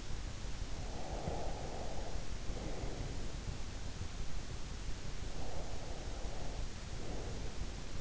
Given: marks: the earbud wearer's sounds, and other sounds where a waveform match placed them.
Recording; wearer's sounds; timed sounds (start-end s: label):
sounds in sleep by an in-ear microphone; breath
0.80-3.33 s: breath
5.22-8.01 s: breath